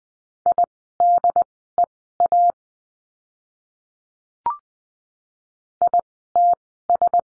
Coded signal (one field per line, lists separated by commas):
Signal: Morse code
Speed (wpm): 20 wpm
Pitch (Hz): 700 Hz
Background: none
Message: IDEA ITS